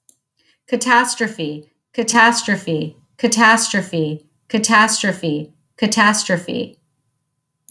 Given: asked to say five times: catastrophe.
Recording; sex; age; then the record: repeated word; female; 30 to 39 years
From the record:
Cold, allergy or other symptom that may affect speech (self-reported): no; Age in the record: 39 years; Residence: Florida, United States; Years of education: 18